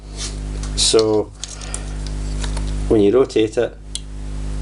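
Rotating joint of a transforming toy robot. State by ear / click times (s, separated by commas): not seated / none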